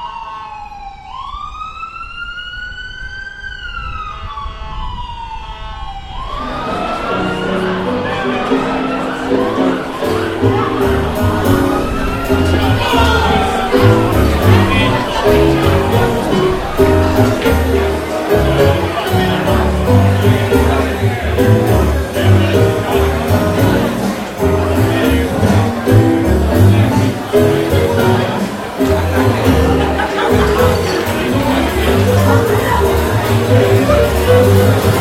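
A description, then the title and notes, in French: Sounds from a stay in New York: a siren wails for the first six seconds, then dense crowd chatter and street noise continue steadily throughout. Sons captés lors de mon séjour New Yorkais.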